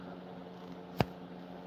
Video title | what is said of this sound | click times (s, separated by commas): Tool sharpening, chat and more! | hear that nice click. That's that nice uh | 1.0 s